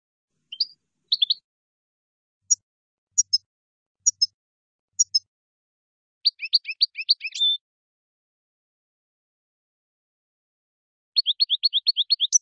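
Finch calls: scattered high chirps and short double notes, a quick burst of busy twittering midway, a long silence, then a final rapid run of chirps.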